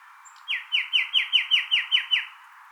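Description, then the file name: Common nightingale song phrase of nine loud, downslurred notes in rapid succession, each dropping sharply in pitch. "Luscinia megarhynchos"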